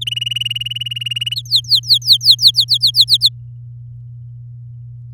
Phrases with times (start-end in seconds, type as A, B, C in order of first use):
0.01-1.35 A, 1.36-3.05 B, 3.08-3.29 C